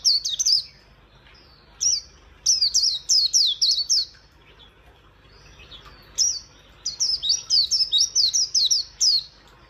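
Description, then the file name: White-eye song in several bursts of fast, high twittering notes, each phrase a string of thin descending whistles separated by brief silences. "Zosterops"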